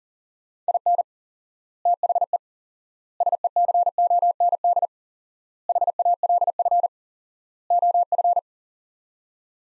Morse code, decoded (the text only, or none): IN THE SECOND HALF OF